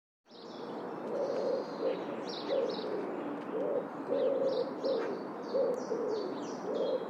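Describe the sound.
Bird calling with low muffled coos repeated at uneven intervals, with high quick chirps throughout against a steady background hiss.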